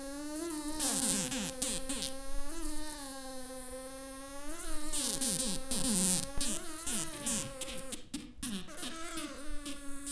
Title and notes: Arlebosc, Auvergne-Rhône-Alpes, France - Le requiem des mouches. Le concert/requiem des mouches. Collés sur leur piège de papier gluant, Je capte quelques battements d'ailes de désespoir. Prise de sons : JF CAVRO